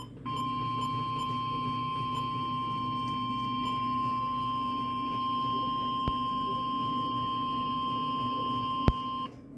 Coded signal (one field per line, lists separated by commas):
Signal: Emergency Alert System (SAME) tones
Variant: 1050 Hz attention tone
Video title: EAS#123 Severe Thunderstorm Warning on WXJ71 (09/18/2022).